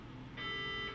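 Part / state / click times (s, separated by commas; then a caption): mainstream CO2 sensor on the zero calibration cell of the monitor module / not seated / none. The end of a mainstream CO2 sensor cable is handled as it is clipped onto the zero calibration cell of a monitor module. A low background hum gives way at about 0.4 s to a steady, high-pitched electronic tone that holds until about 0.9 s. Nothing has seated or clicked yet.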